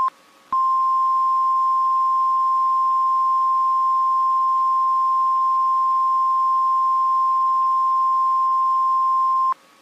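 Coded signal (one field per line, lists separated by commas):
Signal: Emergency Alert System (SAME) tones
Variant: 1050 Hz attention tone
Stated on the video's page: EAS alarms from various countries, collected for rating.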